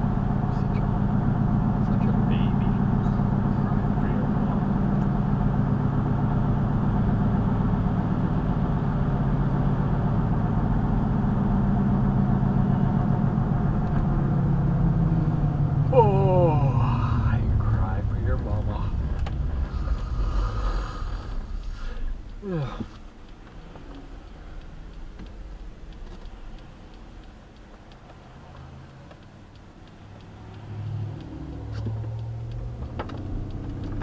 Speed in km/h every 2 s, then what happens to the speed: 66, 66, 68, 68, 68, 66, 66, 50, 37, 21, 10, 0, 0, 0, 0, 0, 0.
0-12 steady at about 66. 12-21 brakes to 0. 21-32 standing.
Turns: none.